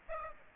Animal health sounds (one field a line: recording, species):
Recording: mosquito wingbeat signal from an infrared sensor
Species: Aedes aegypti